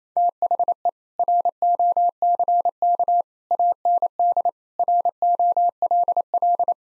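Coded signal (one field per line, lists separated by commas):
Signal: Morse code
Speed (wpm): 28 wpm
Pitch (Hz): 700 Hz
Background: none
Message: THE ROCK AND ROLL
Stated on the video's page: Morse drill at 28 wpm: sentences with common seven-word phrases, first words spoken, sent, spoken, then sent again for head-copy.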